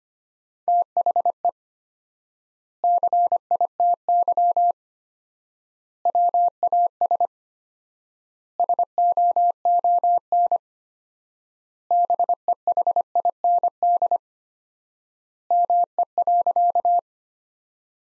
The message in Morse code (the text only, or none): THE CITY WAS SOON BEHIND ME.